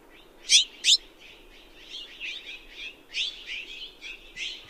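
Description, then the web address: Mexican jay calls: two loud, harsh notes close together, followed by a softer run of squeaky chattering notes. "Songs of Birds of North America Know Your Bird Sounds Common Western Species. Mexican Jay"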